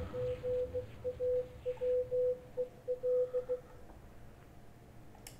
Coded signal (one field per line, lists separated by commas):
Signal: Morse code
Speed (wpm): 16 wpm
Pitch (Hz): 500 Hz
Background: none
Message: GAWEL